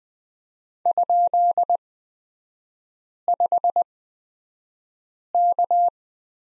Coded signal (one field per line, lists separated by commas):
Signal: Morse code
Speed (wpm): 20 wpm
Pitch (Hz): 700 Hz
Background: none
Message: ?5K